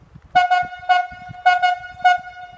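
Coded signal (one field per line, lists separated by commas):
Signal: whistle signal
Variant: talkie tooter logging whistle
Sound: short electronic horn toots in groups: two, one, two, one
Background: outdoor ambient noise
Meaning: Slack the haulback slow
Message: 2-1-2-1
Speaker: the guys have been doing this with me where they give me two one two one just lack the haulback slow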